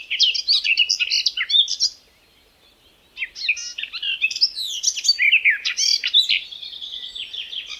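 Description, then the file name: Garden warbler singing a hurried warble of tangled liquid and chattering notes, a brief break of about a second, then a longer flowing phrase. Song, May 2020. "tuinfluiter mei 2020 zang"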